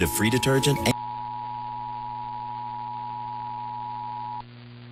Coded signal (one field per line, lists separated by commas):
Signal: Emergency Alert System (SAME) tones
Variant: 853 and 960 Hz attention tone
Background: speech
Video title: MISSOULA TESTED EARLY THIS TIME... EAS Tests from November 2023 (EAS #3,227 - 3,290)